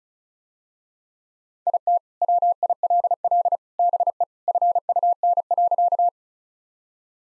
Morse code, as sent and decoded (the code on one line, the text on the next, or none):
.. - / .-- .. .-.. .-.. / -... . / ..-. ..- -. .-.-.-
IT WILL BE FUN.